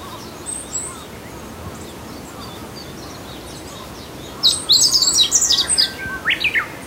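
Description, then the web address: Meadow bunting song: after a quiet stretch with faint chirps, a rapid burst of high twittering notes, ending in a few lower notes. Recorded at Azamidani, Japan, on a walk. "raivu sansaku azamidani sound bird houzirow"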